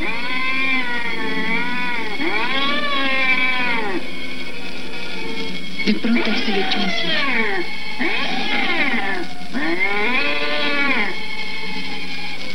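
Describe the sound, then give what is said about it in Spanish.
Becker the cat, in the film Más Negro que la Noche, yowls and caterwauls horribly in five long, wavering, high-pitched cries while being struck repeatedly with a fireplace poker, with a harsh hissing burst in the middle. A voice briefly speaks a short phrase. “Becker maullaba de una manera horrible.”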